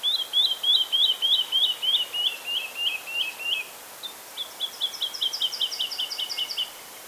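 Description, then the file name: Woodlark song: a fast series of about a dozen liquid, slurred notes, then a second, higher, quicker run of repeated notes, with faint background hiss. "Tottavilla"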